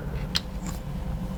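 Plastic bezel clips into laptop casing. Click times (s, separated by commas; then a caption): 0.4 s. A plastic bezel on an Acer Aspire V5-122P laptop, whose damaged screen and digitizer are being replaced, is pressed back into the plastic casing and seats with a sharp click at 0.4 s. Two fainter clicks follow at 0.7 s and 1.4 s over a low steady hum.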